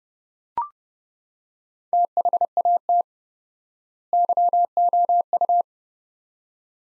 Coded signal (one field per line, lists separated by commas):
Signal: Morse code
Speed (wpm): 30 wpm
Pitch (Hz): 700 Hz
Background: none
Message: THAT YOU